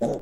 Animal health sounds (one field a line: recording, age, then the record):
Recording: pig call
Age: piglet (1 to 25 days)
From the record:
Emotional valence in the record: negative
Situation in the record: long isolation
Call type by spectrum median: low-frequency call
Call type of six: low-frequency tonal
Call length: 0.21 s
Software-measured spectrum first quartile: 267 Hz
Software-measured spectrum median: 458 Hz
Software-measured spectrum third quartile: 610 Hz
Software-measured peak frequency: 577 Hz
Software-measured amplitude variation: 122 dB a second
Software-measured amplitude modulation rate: 16.5 a second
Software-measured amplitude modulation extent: 7.4 dB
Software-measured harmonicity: 1.4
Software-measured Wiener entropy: -0.51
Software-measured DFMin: 1064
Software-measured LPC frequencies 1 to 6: 562, 1716, 3573, 5801, 6577, 7471 Hz